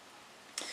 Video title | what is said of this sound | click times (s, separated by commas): AOSENMA CG037 REVIEW PREMIERE PARTIE BANGGOOD DRONE | se met assez facilement isc lips voilà où les petites languettes ici ça se clipse épices et bien voilà | 0.6 s